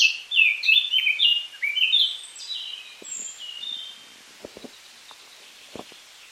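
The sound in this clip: Eurasian Blackcap song, a quick bright warbling burst of varied fluty notes lasting about two seconds, then quieter trailing notes and a few soft clicks.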